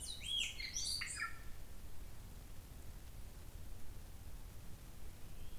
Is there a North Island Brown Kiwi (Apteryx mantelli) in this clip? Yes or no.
no